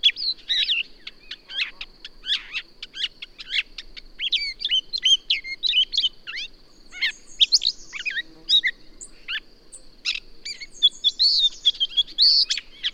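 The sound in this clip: Birdsong, a lively, nonstop stream of chirps, trills and rising whistles, with a persistent high whine throughout.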